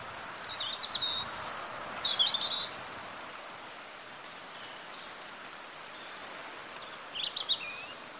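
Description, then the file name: European robin uttering short high, thin warbled phrases near the start, then a quiet gap, then a brief tinkling burst near the end, against constant soft hiss. "Erithacus rubecula"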